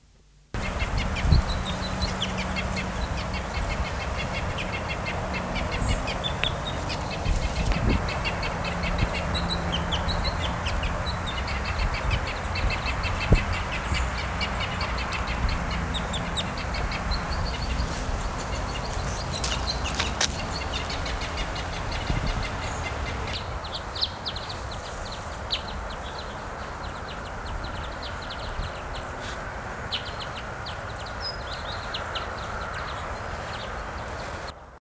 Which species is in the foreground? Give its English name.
Red Crossbill